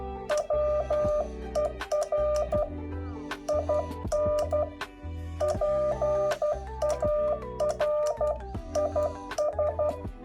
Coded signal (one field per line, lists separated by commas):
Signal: Morse code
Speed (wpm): 12 wpm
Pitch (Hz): 600 Hz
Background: music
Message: WER IN PARIS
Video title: Let's enjoy Morse code! #モールス #morse #モールス信号 #morsecode